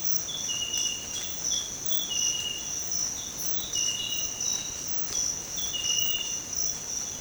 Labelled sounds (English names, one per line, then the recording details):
none
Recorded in dense forest near Puerto Asís, Putumayo, Colombia, on 22 December 2024 at 06:00
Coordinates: 0.466, -76.327
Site G075